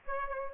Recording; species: mosquito wingbeat signal from an infrared sensor; Aedes aegypti